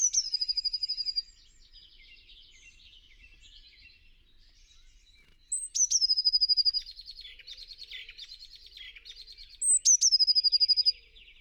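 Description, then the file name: Eurasian blue tit giving a high thin note followed by a fast, even trill, repeated three times at roughly four- to six-second gaps, with softer chattering notes between phrases. "Cyanistes caeruleus"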